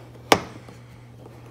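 A trunk trim liner is tucked back into the car body around a newly fitted LED tail light, and a single sharp, loud snap at 0.3 s marks the panel seating into place. Afterward only a faint, steady low hum remains.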